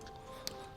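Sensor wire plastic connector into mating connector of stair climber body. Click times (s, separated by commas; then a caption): 0.5 s. A plastic sensor wire connector from the assembled column is lined up in the groove and pushed into the mating connector on the body of an Ygozin Middle Climb stair climber. A single sharp, short click is heard at 0.5 s over a steady background of music. The connector seats with that click.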